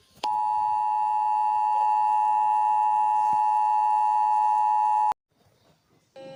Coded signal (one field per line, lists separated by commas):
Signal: Emergency Alert System (SAME) tones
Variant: 853 and 960 Hz attention tone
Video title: America eas alarms